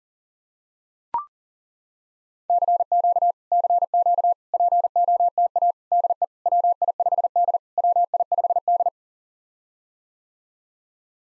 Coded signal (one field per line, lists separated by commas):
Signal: Morse code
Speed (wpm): 37 wpm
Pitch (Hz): 700 Hz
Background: none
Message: CQ CQ POTA DE WI5D WI5D